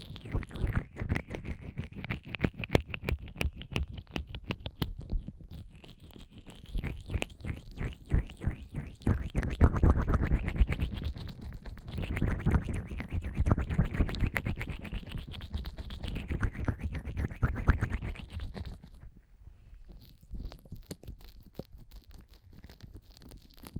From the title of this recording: Fast & Intense Ear Massage wCream